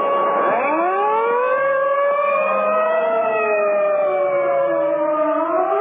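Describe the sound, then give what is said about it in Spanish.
A loud alarm siren wails continuously at a base as its security corps mobilizes, its layered tones sweeping up and then slowly gliding and wavering in pitch, with no voices over it. “el cuerpo de vigilancia de la base de Riverson se ponía en movimiento. Mientras los autos policíacos patrullaban las carreteras cercanas”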